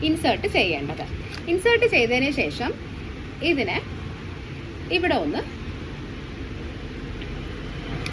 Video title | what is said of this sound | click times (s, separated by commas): How to use Insulin pen - Insulin pen injection - insulin എടുക്കുന്ന വിധം | twist ചെയ്യാം twist ചെയ്യുമ്പോൾ ടിക്ക് എന്നൊരു ശബ്ദം കേൾക്കും | 8.1 s